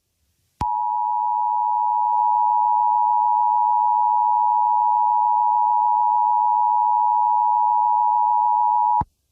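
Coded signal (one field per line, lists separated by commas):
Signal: Emergency Alert System (SAME) tones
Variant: 853 and 960 Hz attention tone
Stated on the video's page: Fictional EAS scenario depicting a total blackout.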